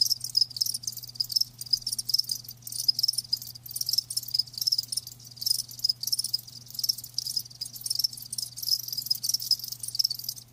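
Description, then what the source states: Cricket: continuous shrill chirping of many crickets, rapid pulses blending into a dense high chorus, low hum faintly present. Live crickets chirping.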